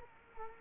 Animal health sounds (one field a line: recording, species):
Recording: mosquito wingbeat signal from an infrared sensor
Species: Culex quinquefasciatus